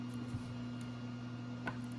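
The second half of a two-piece 3D-printed plastic rope coupler is pushed over the rope end onto its mating half on a post of a Hasbro toy wrestling ring stand. Over a steady low hum and a soft bump near 0.3 seconds, a sharp click is heard at 1.7 seconds. The coupler snaps into place and the rope is held secure.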